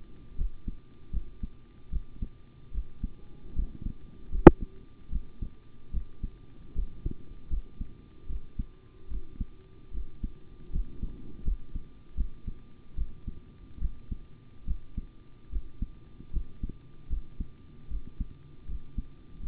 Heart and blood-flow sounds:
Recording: heart sounds by stethoscope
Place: between the tricuspid and mitral areas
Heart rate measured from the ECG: 76 bpm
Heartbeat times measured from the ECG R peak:
0.36 s: heartbeat
1.11 s: heartbeat
1.90 s: heartbeat
2.72 s: heartbeat
3.54 s: heartbeat
4.30 s: heartbeat
5.10 s: heartbeat
5.91 s: heartbeat
6.74 s: heartbeat
7.48 s: heartbeat
8.27 s: heartbeat
9.08 s: heartbeat
9.92 s: heartbeat
10.71 s: heartbeat
11.43 s: heartbeat
12.15 s: heartbeat
12.96 s: heartbeat
13.79 s: heartbeat
14.65 s: heartbeat
15.50 s: heartbeat
16.31 s: heartbeat
17.08 s: heartbeat
17.88 s: heartbeat
18.66 s: heartbeat
19.40 s: heartbeat
From the record:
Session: rest, sitting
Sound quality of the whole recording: good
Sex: male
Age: 25 years

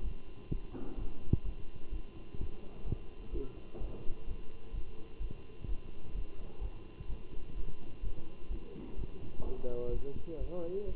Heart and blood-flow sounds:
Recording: heart sounds by stethoscope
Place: between the tricuspid and mitral areas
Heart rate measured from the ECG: 127 bpm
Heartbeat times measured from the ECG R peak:
0.03 s: heartbeat
0.50 s: heartbeat
0.97 s: heartbeat
1.44 s: heartbeat
1.91 s: heartbeat
2.38 s: heartbeat
2.85 s: heartbeat
3.32 s: heartbeat
3.79 s: heartbeat
4.26 s: heartbeat
4.73 s: heartbeat
5.20 s: heartbeat
5.67 s: heartbeat
6.14 s: heartbeat
6.60 s: heartbeat
7.08 s: heartbeat
7.55 s: heartbeat
8.02 s: heartbeat
8.49 s: heartbeat
8.97 s: heartbeat
9.44 s: heartbeat
9.92 s: heartbeat
10.39 s: heartbeat
10.86 s: heartbeat
From the record:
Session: Bruce protocol treadmill stress test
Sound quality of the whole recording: good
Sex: male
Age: 23 years

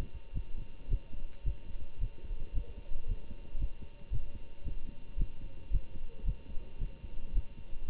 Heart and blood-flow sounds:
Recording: heart sounds by stethoscope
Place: between the tricuspid and mitral areas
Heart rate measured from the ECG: 112 bpm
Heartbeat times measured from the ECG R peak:
0.33 s: heartbeat
0.88 s: heartbeat
1.44 s: heartbeat
1.99 s: heartbeat
2.53 s: heartbeat
3.07 s: heartbeat
3.58 s: heartbeat
4.10 s: heartbeat
4.63 s: heartbeat
5.17 s: heartbeat
5.70 s: heartbeat
6.24 s: heartbeat
6.79 s: heartbeat
7.33 s: heartbeat
7.86 s: heartbeat
From the record:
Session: Bruce protocol treadmill stress test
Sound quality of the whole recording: good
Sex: male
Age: 25 years

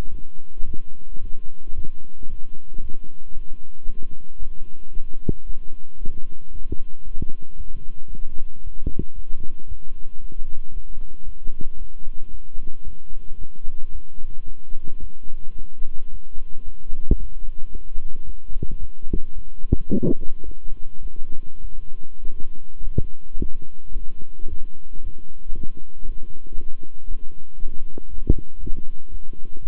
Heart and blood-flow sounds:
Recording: heart sounds by stethoscope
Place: between the tricuspid and mitral areas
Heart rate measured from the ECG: 112 bpm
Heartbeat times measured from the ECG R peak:
0.09 s: heartbeat
0.64 s: heartbeat
1.19 s: heartbeat
1.74 s: heartbeat
2.27 s: heartbeat
2.80 s: heartbeat
3.32 s: heartbeat
3.85 s: heartbeat
4.38 s: heartbeat
4.92 s: heartbeat
5.45 s: heartbeat
5.98 s: heartbeat
6.51 s: heartbeat
7.03 s: heartbeat
7.56 s: heartbeat
8.09 s: heartbeat
8.62 s: heartbeat
9.14 s: heartbeat
9.67 s: heartbeat
10.20 s: heartbeat
10.72 s: heartbeat
11.24 s: heartbeat
11.77 s: heartbeat
12.30 s: heartbeat
12.83 s: heartbeat
13.37 s: heartbeat
13.91 s: heartbeat
14.44 s: heartbeat
14.99 s: heartbeat
15.54 s: heartbeat
16.09 s: heartbeat
16.64 s: heartbeat
17.18 s: heartbeat
17.71 s: heartbeat
18.25 s: heartbeat
18.78 s: heartbeat
19.33 s: heartbeat
19.88 s: heartbeat
20.43 s: heartbeat
21.01 s: heartbeat
21.60 s: heartbeat
22.20 s: heartbeat
22.79 s: heartbeat
23.37 s: heartbeat
23.92 s: heartbeat
24.48 s: heartbeat
25.01 s: heartbeat
25.54 s: heartbeat
26.05 s: heartbeat
26.56 s: heartbeat
27.07 s: heartbeat
27.58 s: heartbeat
28.08 s: heartbeat
28.59 s: heartbeat
29.09 s: heartbeat
29.61 s: heartbeat
From the record:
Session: walking at 3.7 km/h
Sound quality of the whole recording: good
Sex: male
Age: 26 years

